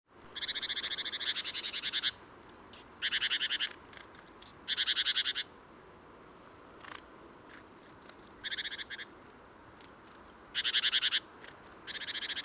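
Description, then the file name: Great tit scolding churr, a series of grating, pulsed rattling bursts repeated with short pauses, plus a few thin high chips. "Parus major"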